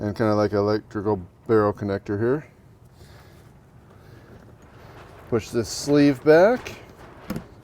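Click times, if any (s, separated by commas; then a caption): 7.3 s. Someone talks while pulling back the sleeve of an air-compressor-style quick-connect coupling on a propane hose and pushing it onto the fuel inlet of a Firman WH3200iE dual fuel generator. A short, sharp click at 7.3 s marks the coupling seating home on the inlet.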